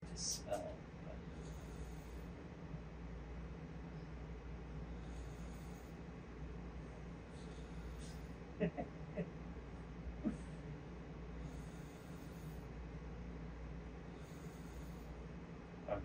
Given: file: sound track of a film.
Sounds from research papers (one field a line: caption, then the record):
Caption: Spelling-based speech decoding. T15 demonstrates spelling mode, where he can attempt to say sequences of letters instead of words to spell out a word. T15 is using eye gaze to navigate the user interface, and he rates the accuracy of each decoded letter sequence after it is finalized. Neural data from correctly decoded letter sequences are used to fine-tune the speech decoder in the background.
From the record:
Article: Long-term independent use of an intracortical brain–computer interface for speech and cursor control